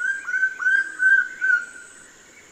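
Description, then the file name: Bird-of-paradise song: a sustained whistled tone broken by brief downward dips, repeated four times before fading. "Canto-do-Pássaro-do-Paraíso"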